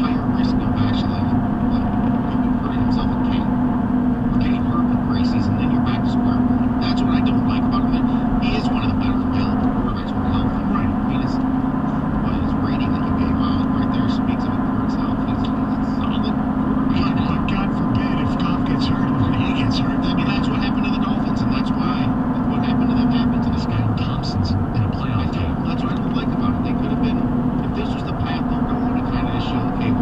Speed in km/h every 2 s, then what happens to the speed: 85, 82, 84, 87, 89, 90, 90, 89, 89, 90, 87, 81, 82, 87, 87.
4-9 speeds up to 90. 9-18 steady at about 90. 18-23 slows to 81. 23-30 speeds up to 87.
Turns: none.